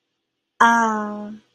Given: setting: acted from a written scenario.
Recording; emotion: vocal sound without words; pride